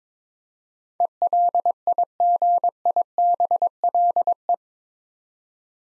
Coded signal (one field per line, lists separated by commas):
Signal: Morse code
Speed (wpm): 22 wpm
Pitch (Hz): 700 Hz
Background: none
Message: ELIGIBLE